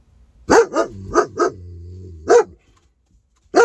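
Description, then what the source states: Domestic dog barking: four quick sharp barks, a low droning tone, then another bark, with one more bark at the end. Dog named King.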